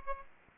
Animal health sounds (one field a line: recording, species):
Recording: mosquito wingbeat signal from an infrared sensor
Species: Aedes aegypti